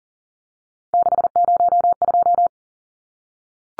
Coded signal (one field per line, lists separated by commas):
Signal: Morse code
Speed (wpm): 40 wpm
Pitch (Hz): 700 Hz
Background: none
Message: 602